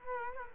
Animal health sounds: mosquito wingbeat signal from an infrared sensor; Culex quinquefasciatus

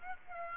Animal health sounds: mosquito wingbeat signal from an infrared sensor; Aedes aegypti

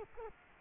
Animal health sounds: mosquito wingbeat signal from an infrared sensor; Culex quinquefasciatus

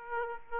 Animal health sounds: mosquito wingbeat signal from an infrared sensor; Aedes aegypti

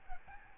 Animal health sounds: mosquito wingbeat signal from an infrared sensor; Aedes albopictus

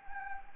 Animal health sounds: mosquito wingbeat signal from an infrared sensor; Anopheles gambiae

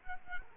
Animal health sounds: mosquito wingbeat signal from an infrared sensor; Culex quinquefasciatus

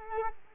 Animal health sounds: mosquito wingbeat signal from an infrared sensor; Culex quinquefasciatus

